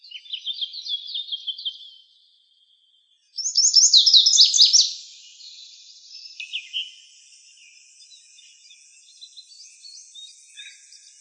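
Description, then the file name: Lazuli bunting singing: a fast jumble of high, bright notes, then after a short pause a louder, hurried warbling phrase, with soft chirping afterward. Arizona, 23 June 2001. "LAZB Deviche"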